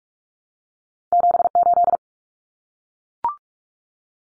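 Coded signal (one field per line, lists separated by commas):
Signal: Morse code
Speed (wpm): 44 wpm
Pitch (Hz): 700 Hz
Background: none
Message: 78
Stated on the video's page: Morse code drill of common two-digit cut numbers at 45 wpm for head-copy, cut letters T, A, N for 0, 1, 9.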